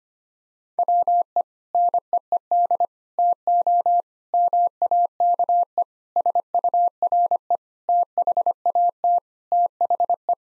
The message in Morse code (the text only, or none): WE NEED TO MAKE SURE THAT THE